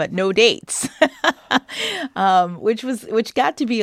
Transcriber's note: laughter